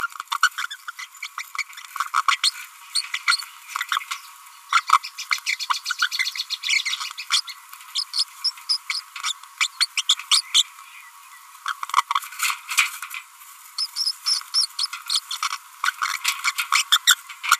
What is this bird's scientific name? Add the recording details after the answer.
Forpus passerinus. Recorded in a nest box in Venezuela. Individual 18B25A4